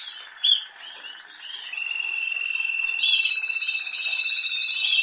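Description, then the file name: Canary song built from fast, even trills that lengthen into a steady rolling tour, with a few sharp chip notes early on. "Canary Voice"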